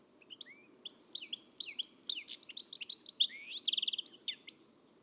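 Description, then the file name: European goldfinch twittering song, a fast jumble of tinkling notes, trills and buzzy phrases sliding up and down, high-pitched and continuous. "Carduelis carduelis"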